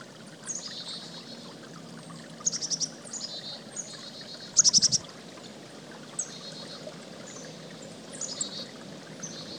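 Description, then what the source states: Chickadee calls: thin high notes followed by runs of buzzy dee notes, given in several bouts, one with a rapid burst of sharp notes, over steady rushing creek water. Recorded beside a creek.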